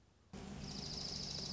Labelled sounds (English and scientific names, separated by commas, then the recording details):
Dark-eyed Junco (Junco hyemalis)
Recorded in Sonoma County, California